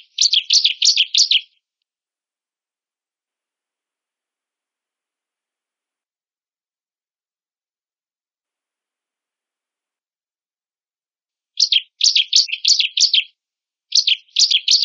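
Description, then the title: Bar-winged prinia: a quick burst of buzzy chirps, a long silence, then two more short runs of rasping notes near the end. Female bird. "Burung Ciblek Betina"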